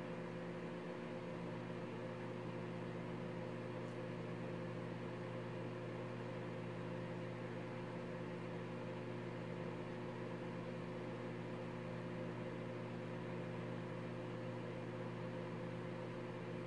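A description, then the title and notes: A microwave runs steadily, its low motor hum holding several fixed tones from start to finish with a fan-like hiss above. The sound is unchanging, with no beeps or door clicks, only a faint tick near four seconds. Microwave sounds.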